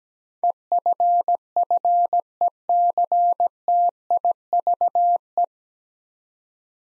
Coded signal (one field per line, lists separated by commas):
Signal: Morse code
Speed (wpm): 17 wpm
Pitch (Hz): 700 Hz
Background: none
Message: EFFECTIVE